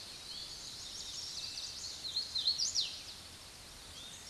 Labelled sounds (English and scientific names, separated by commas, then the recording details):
Hooded Warbler (Setophaga citrina) song
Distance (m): 10 m
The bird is about 5 m above the microphone
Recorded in a Pennsylvania forest on 16 May 2024 at 06:21
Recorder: AudioMoth, point MSD-1892
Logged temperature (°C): 14.5 °C
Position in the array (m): 99 m, 100 m